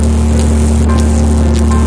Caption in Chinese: 耳鸣的声音。